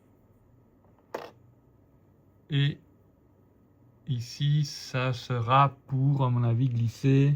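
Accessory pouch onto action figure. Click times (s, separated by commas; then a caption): 1.1 s. A small plastic pouch accessory is clipped onto a 1/12 scale Leonardo Teenage Mutant Ninja Turtles action figure by Lingjihun/Metytoyz. A few faint ticks lead up to a sharp click at 1.2 s as the pouch seats, then someone talks.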